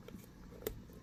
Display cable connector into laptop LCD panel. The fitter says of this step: There we go. Should click in, make sure it has a nice tight seat.